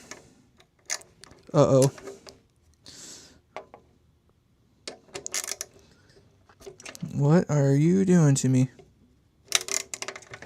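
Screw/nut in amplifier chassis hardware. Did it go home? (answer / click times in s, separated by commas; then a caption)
no / 9.9 s. A screw or nut being tightened into a metal amplifier chassis makes scattered sharp metallic ticks and clicks while someone talks. The fastener stops gripping and the thread strips, with a sharp click at 9.9 s, followed by a final cluster of clicks.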